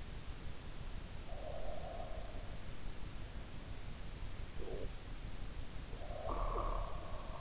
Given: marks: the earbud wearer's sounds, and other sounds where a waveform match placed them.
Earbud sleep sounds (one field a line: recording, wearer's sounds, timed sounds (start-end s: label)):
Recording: sounds in sleep by an in-ear microphone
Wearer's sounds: breath, snoring breath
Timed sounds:
1.10-2.38 s: breath
5.79-7.41 s: snoring breath